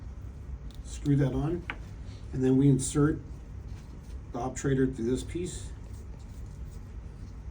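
An obturator is handled and inserted through the hub of a pneumothorax chest tube from a Wayne pneumothorax kit used after a Zephyr valve procedure, while someone talks and faint handling noises sound underneath. The obturator has not yet locked into place, and nothing has seated or clicked by the end of the clip.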